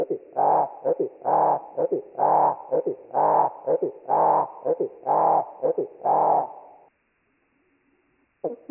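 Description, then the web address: Marsh wren song slowed down: low, throbbing, rich notes alternating with short clicks, pulsing about once a second for seven seconds, then a pause. Recording slowed eight times; it contrasts eastern and western North American marsh wren songs and genes, which suggest two species. "SK slowed-8 x East-genes-West-songs. songs and genes marsh wrens tell of two species in north america"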